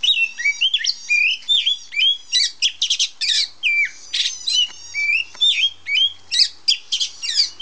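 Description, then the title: Oriental magpie-robin delivering a continuous varied sequence of rich whistles mixed with scratchy rasping notes, phrases following each other rapidly with only brief pauses. Female of the black form. "Kacer Betina. suara burung kacer hitam betina"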